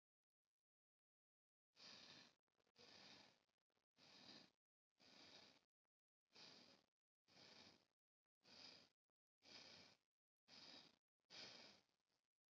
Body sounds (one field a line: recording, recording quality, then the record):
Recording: deep breathing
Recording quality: excellent, no background noise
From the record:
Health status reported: healthy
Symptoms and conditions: hypertension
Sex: female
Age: 79 years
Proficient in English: yes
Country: India